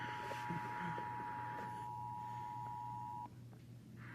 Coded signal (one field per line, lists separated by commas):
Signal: Emergency Alert System (SAME) tones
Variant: 853 and 960 Hz attention tone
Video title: EAS #619-653 Another Moderate Risk compilation (6-17-25)